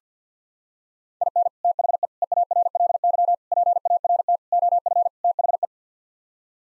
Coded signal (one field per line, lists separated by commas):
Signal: Morse code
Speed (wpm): 50 wpm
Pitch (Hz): 700 Hz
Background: none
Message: IN THE EARLY PART OF THE